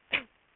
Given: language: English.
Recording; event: throat vibration sensor signal played as sound; cough